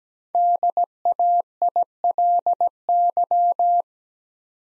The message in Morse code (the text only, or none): DAILY